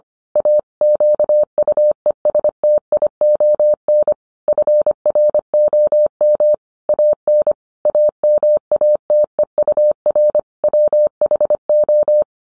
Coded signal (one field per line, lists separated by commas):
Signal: Morse code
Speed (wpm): 25 wpm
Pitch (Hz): 600 Hz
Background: none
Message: A QUESTION FROM AN AMATEUR WHO